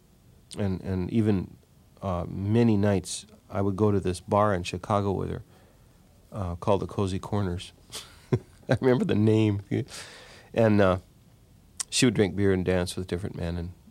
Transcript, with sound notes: And even - many nights I would go to this bar in Chicago with her called the Cozy Corners (laughter). I remember the name. And she would drink beer and dance with different men